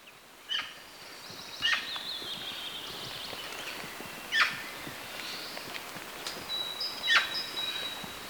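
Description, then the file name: Eurasian magpie giving scattered harsh, rasping notes, with thin, high, drawn-out whistled tones also heard. "Pica pica"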